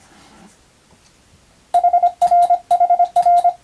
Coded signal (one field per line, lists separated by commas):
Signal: Morse code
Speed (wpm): 25 wpm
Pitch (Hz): 700 Hz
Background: none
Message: HR HR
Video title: モールスＣＷトレーニング！総合無線通信士無線従事者国家試験の練習風景です。アマチュア無線ハムの受信練習にもどうぞ(morse code practice for radio operator )